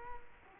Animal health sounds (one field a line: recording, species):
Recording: mosquito wingbeat signal from an infrared sensor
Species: Culex quinquefasciatus